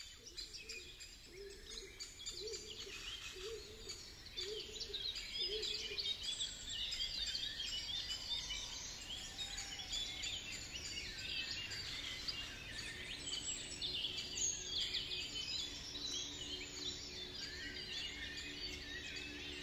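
A steady chorus of birds chirps and sings throughout, dense high twittering layered over one another, with a short run of low, evenly repeated notes early on. No one speaks.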